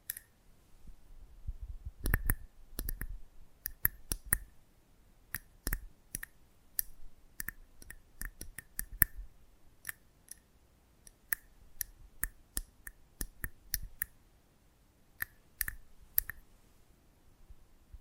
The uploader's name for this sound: Close Up Mic Treatment